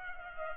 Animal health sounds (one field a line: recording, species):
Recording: mosquito wingbeat signal from an infrared sensor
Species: Culex pipiens